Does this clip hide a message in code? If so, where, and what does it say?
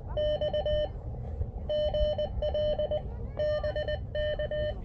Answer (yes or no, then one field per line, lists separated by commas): yes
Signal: Morse code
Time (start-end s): 0.2-4.7 s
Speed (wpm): 19 wpm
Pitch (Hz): 600 Hz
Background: none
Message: X GL BK